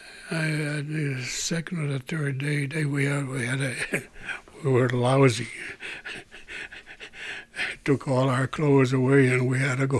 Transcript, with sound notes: The second or the third day we had a, we were lousy. ( he laughs ) Took all our clothes away and we had to go